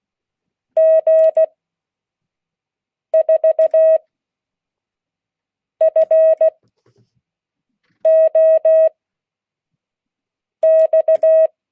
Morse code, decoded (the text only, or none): G4FOX